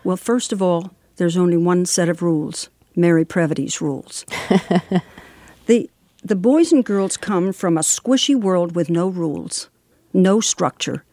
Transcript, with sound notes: Well, first of all, there's only one set of rules, Mary Previte's rules.
(Laughter).
The boys and girls come from a squishy world with no rules, no structure;